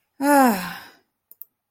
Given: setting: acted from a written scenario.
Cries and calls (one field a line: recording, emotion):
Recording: vocal sound without words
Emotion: relief